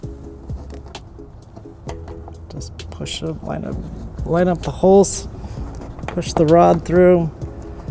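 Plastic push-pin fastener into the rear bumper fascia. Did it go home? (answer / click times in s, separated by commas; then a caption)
no / none. A plastic push-pin fastener is handled at the rear bumper fascia of a 2012 Honda CR-V, with its center rod being pushed through the hole in the fascia during a trailer hitch installation. Someone talks over a series of short plastic ticks and taps. Nothing has seated or clicked into place yet.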